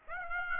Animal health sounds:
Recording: mosquito wingbeat signal from an infrared sensor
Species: Aedes aegypti

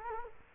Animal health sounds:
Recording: mosquito wingbeat signal from an infrared sensor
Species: Culex quinquefasciatus

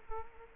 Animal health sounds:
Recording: mosquito wingbeat signal from an infrared sensor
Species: Culex quinquefasciatus

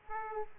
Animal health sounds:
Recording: mosquito wingbeat signal from an infrared sensor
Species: Aedes aegypti

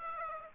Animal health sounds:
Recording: mosquito wingbeat signal from an infrared sensor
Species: Aedes aegypti

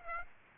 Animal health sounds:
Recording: mosquito wingbeat signal from an infrared sensor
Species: Aedes aegypti

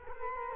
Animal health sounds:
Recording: mosquito wingbeat signal from an infrared sensor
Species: Culex quinquefasciatus

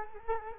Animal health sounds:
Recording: mosquito wingbeat signal from an infrared sensor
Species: Culex quinquefasciatus

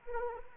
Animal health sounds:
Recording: mosquito wingbeat signal from an infrared sensor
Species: Anopheles arabiensis

